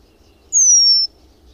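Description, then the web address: Eurasian penduline tit giving one fine, very high whistle that slowly falls in pitch over roughly half a second, clean and isolated against near silence. "Madardalok Cd 3 Függőcinege"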